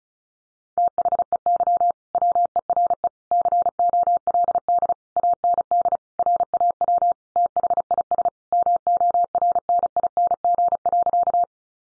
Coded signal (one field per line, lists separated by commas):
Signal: Morse code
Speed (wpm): 34 wpm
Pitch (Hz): 700 Hz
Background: none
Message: THEY WERE COLD AND RAW THIS MORNING.